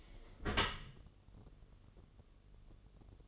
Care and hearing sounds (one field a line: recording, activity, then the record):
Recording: daily activity, microphone in the room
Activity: close dishwasher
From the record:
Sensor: 4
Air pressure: 1015.8 hPa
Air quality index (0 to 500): 113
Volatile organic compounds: 2 ppm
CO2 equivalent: 1267 ppm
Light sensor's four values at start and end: 9/19/7/7 and 8/18/7/7